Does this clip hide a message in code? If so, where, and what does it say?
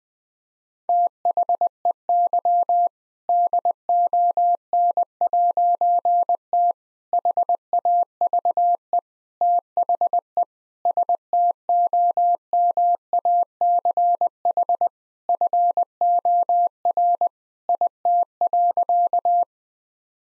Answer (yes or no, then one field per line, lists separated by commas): yes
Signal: Morse code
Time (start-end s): 0.9-19.4 s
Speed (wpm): 20 wpm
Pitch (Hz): 700 Hz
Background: none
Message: THEY DON'T HAVE THE STOMACH FOR IT.